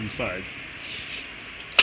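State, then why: Seated. Someone talks while working the latch of a removed Ford Mondeo MK4 car door lock by hand. At 1.8 s the spring-loaded metal latch snaps locked with a loud, sharp click, showing it locking inside, unlike a frozen lock, whose frozen spring no longer lets it do so.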